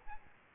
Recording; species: mosquito wingbeat signal from an infrared sensor; Aedes albopictus